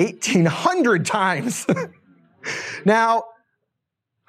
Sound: laughing